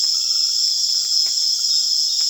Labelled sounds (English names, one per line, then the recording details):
none
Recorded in secondary vegetation near Puerto Asís, Putumayo, Colombia, on 19 June 2025 at 19:00
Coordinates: 0.485, -76.322
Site GP06